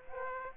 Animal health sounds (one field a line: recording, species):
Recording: mosquito wingbeat signal from an infrared sensor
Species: Aedes aegypti